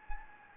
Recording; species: mosquito wingbeat signal from an infrared sensor; Anopheles gambiae